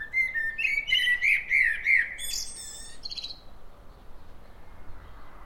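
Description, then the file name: Common blackbird giving a single song phrase: mellow, wavering whistled notes that end in a thin, scratchy high flourish, followed by quiet. "Turdus merula"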